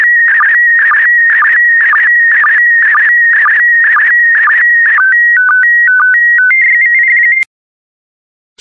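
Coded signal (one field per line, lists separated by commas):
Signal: SSTV (slow-scan television)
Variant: PD120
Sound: warbling tone near 2 kHz with regular low blips, then stepped beeping tones, then silence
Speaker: get ready starting transmission in 5 4 3 2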